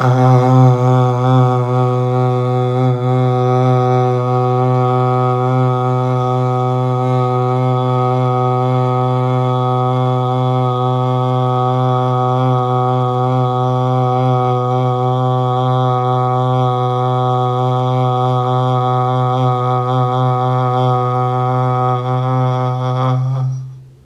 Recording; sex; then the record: sustained vowel /a/; male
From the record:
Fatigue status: no fatigue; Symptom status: asymptomatic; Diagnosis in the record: COVID-19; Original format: m4a